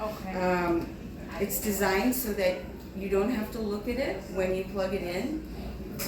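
An electrosurgical cable plug for an endoscopy soft coagulation setup is being handled near its connector while a woman talks through the clip. Nothing has seated or clicked yet.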